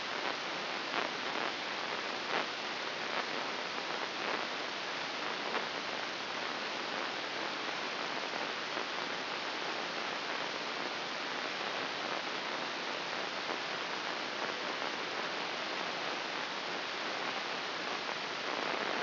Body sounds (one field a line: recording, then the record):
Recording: brain microelectrode recording played as sound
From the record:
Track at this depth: inside the subthalamic nucleus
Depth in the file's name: 3.94 mm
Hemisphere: right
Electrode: 2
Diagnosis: Parkinson's disease